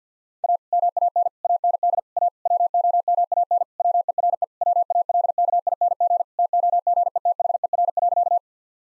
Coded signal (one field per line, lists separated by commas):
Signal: Morse code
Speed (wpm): 50 wpm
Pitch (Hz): 700 Hz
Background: none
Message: A MAN AND A WOMAN WERE WALKING TOGETHER.